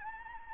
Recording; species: mosquito wingbeat signal from an infrared sensor; Anopheles gambiae